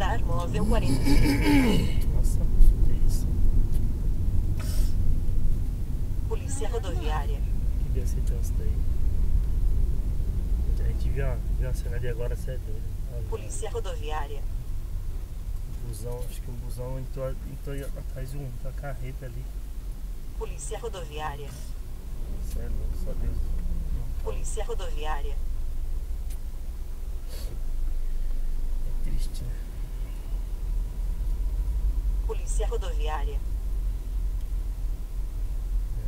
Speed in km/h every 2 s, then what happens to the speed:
49, 37, 29, 25, 23, 18, 12, 9, 6, 4, 4, 4, 1, 0, 3, 7, 8, 7.
0-24 slows to 1. 24-27 standing. 27-31 pulls away to 8.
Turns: none.